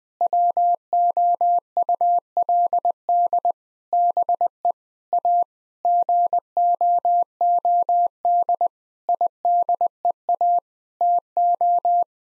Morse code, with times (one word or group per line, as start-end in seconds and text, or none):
0.2-3.5 WOULD
3.9-4.7 BE
5.1-5.4 A
5.8-8.7 GOOD
9.1-10.6 IDEA
11.0-12.0 TO